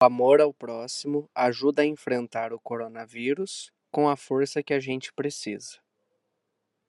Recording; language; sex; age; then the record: spoken sentence; Brazilian Portuguese; male; 20 to 29 years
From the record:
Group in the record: control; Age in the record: 26 years